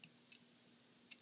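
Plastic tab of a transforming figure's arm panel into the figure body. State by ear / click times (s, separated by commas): not seated / none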